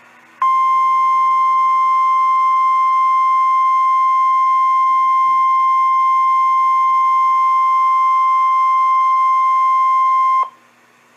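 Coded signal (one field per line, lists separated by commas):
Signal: Emergency Alert System (SAME) tones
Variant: 1050 Hz attention tone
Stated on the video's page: Severe thunderstorm warning from a weather radio station, Little Rock forecast office, recorded from a live stream.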